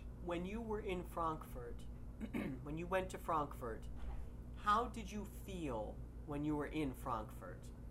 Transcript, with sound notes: When you were in Frankfurt, [clears throat] when you went to Frankfurt, how did you feel when you were in Frankfurt?